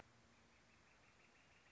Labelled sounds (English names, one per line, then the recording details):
Northern Flicker
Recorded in Sonoma County, California